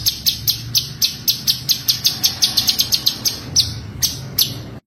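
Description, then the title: White-eye giving sharp high chirps in a rapid, steady series, over a low background hum. Gacor (continuous-singing) white-eye with full tembakan (rapid-fire) song, used as a masteran (tutor). "Masteran Burung Pleci Gacor Full Tembakan"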